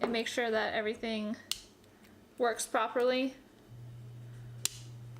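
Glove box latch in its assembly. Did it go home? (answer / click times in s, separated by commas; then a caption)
yes / 4.7 s. Someone talks while a Miata glove box latch, with its newly installed lock cylinder, is tested by hand in its assembly. A steady low hum starts near 3.7 s, and the latch snaps shut with a single sharp click at 4.7 s, confirming it works.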